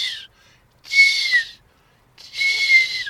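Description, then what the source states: Redwing flight calls: thin, very high drawn-out seep notes, each slightly falling, three in all with the first cut short. Very high-pitched, very thin seep call, heard at night when redwings migrate across the North Sea to Norfolk.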